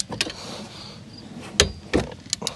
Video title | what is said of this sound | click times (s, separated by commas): How to Replace Rear Brake Pads on a Kia Sorento 2011 2012 2013 (2nd Generation) [Complete Guide] | And you just go till it clicks. | 1.6 s